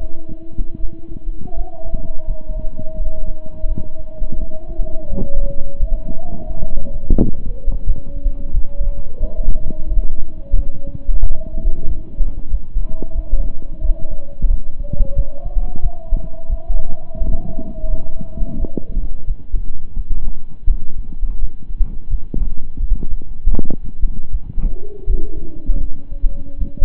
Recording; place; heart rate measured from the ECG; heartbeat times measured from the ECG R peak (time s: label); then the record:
heart sounds by stethoscope; between the tricuspid and mitral areas; 86 bpm
0.78 s: heartbeat
1.54 s: heartbeat
2.25 s: heartbeat
2.95 s: heartbeat
3.65 s: heartbeat
4.36 s: heartbeat
5.08 s: heartbeat
5.77 s: heartbeat
6.45 s: heartbeat
7.15 s: heartbeat
7.84 s: heartbeat
8.51 s: heartbeat
9.18 s: heartbeat
9.86 s: heartbeat
10.53 s: heartbeat
11.20 s: heartbeat
11.85 s: heartbeat
12.48 s: heartbeat
13.13 s: heartbeat
13.79 s: heartbeat
14.47 s: heartbeat
15.14 s: heartbeat
15.80 s: heartbeat
16.47 s: heartbeat
17.16 s: heartbeat
17.87 s: heartbeat
18.57 s: heartbeat
19.25 s: heartbeat
19.94 s: heartbeat
20.65 s: heartbeat
21.37 s: heartbeat
22.08 s: heartbeat
22.77 s: heartbeat
23.51 s: heartbeat
24.29 s: heartbeat
25.04 s: heartbeat
25.78 s: heartbeat
26.56 s: heartbeat
From the record:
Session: slow and fast walking with breaks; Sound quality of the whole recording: saturated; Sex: male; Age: 25 years